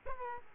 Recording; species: mosquito wingbeat signal from an infrared sensor; Aedes aegypti